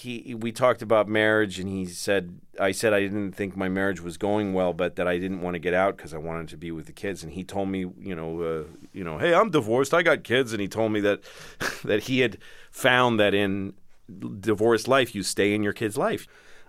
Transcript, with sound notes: we talked about marriage and he said - I said I didn't think my marriage was going well, but that I didn't want to get out because I wanted to be with the kids. And he told me, you know (imitating heavy New York accent) hey, I'm divorced, I got kids. And he told me that he had found that in divorced life, you stay in your kid's life.